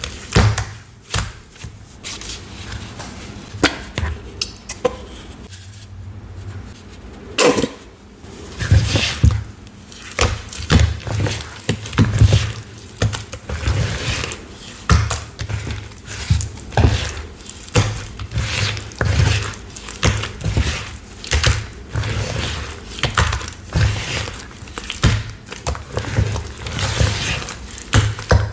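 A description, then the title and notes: Watermelon ASMR with repeated wet, crunchy bites and squishes coming every second or so over a soft, steady low hum. The sharp crunches are bright and clicky, the juicier ones thicker and lower, with a brief quieter gap near six seconds. Watermelon ASMR.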